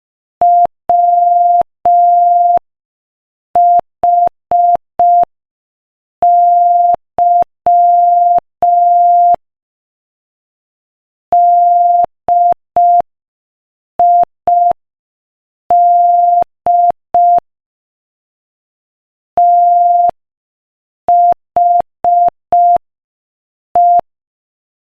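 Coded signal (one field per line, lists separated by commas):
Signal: Morse code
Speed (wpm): 5 wpm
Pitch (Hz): 700 Hz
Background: none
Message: WHY DID THE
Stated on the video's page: Beginner Morse listening practice at 5 wpm.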